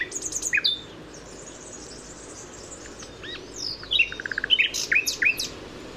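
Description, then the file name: Common nightingale song: a quick series of high repeated notes, a pause, then a run of repeated notes and varied whistles. "Luscinia megarhynchos"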